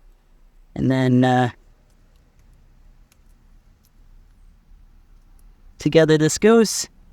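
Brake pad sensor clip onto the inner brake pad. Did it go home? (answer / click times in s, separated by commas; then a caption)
no / none. A brake pad sensor clip is handled over the inner front brake pad of a Chevy Silverado/GMC Sierra 1500 during a pad and rotor replacement, with only faint, quiet ticks between two stretches of someone talking. The clip has not yet been snapped down, and nothing has seated or clicked yet.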